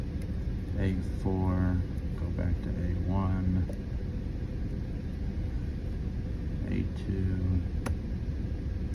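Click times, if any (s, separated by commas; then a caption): 7.9 s. Someone talks while a HON-66 Lishi pick is worked on a Honda ignition lock cylinder on the bench. Once the A-side wafers are picked, the cylinder shifts over in its housing with a small, sharp click at 7.9 s. This shows the A side has set.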